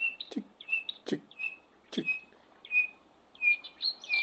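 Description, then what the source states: Batis calls, short whistled notes in quick succession, interleaved with a few sharp ticks. Male batis calling for a while, the female answering near the end, with a little tick tick in between.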